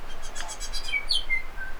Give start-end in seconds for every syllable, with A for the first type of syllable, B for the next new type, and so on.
0.48-0.53 A, 0.60-0.65 A, 0.72-0.77 A, 0.83-0.99 B, 1.07-1.20 C, 1.28-1.38 D, 1.56-1.71 E